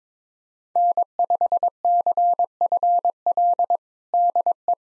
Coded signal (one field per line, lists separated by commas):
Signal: Morse code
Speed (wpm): 22 wpm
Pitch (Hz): 700 Hz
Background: none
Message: N5CFL DE